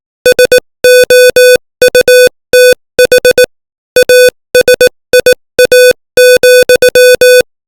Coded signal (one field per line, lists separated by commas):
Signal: Morse code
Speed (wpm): 18 wpm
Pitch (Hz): 500 Hz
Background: music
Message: SOUTH ASIA,